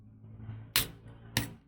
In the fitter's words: 'yan. So maririnig niyo naman 'yung click niyan pag sakto don sa ating lalagyanan.